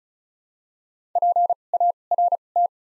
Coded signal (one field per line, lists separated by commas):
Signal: Morse code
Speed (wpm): 36 wpm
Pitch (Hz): 700 Hz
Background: none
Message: PART